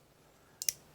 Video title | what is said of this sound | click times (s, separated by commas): Gearwrench 120xp locking and non nocking flex ratchets my opinion , likes and dislikes | so this is the Locking one it locks in place | 0.6 s, 0.7 s